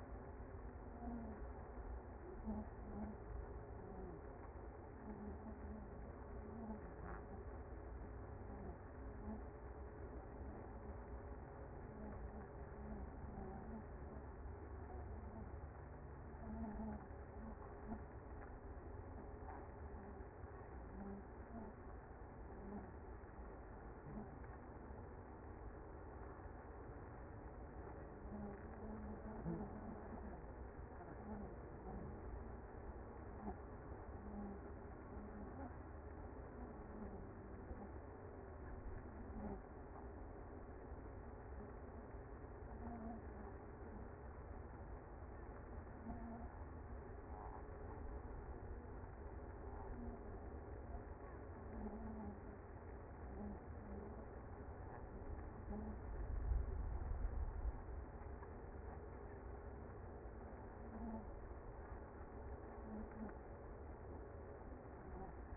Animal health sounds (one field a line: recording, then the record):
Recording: honeybee colony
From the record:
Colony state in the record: active